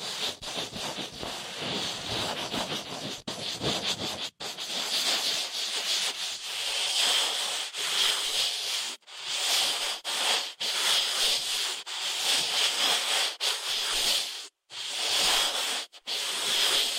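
Ear cleaning massage with steady, dense rubbing and scratching that fills the clip with a bright, hissy texture. The strokes run continuously, broken by brief silent gaps around 4, 9, 10.5, 14.5 and 16 seconds before the rubbing resumes.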